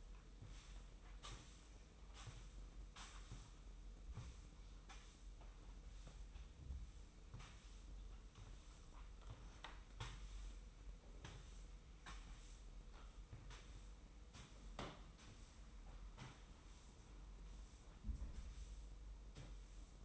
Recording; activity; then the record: daily activity, microphone in the room; sweep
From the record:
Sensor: 1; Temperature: 25.3 degrees Celsius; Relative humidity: 44.0%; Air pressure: 990.5 hPa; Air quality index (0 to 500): 177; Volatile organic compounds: 1000 ppm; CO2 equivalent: 6527 ppm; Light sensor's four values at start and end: 29/67/29/31 and 29/67/28/31